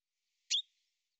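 Bird call: one quick high chirp ending in a faint trailing whistle, nothing else heard.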